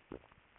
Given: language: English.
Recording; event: throat vibration sensor signal played as sound; swallow